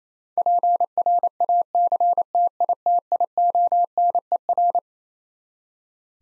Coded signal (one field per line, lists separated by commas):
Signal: Morse code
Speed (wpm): 28 wpm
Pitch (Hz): 700 Hz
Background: none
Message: PRACTITIONER